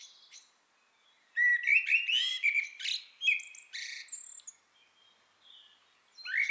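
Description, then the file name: Eurasian blackbird giving one long fluted warbling phrase that breaks into thin high twitters, then falls quiet before another phrase begins at the very end. "Turdus merula"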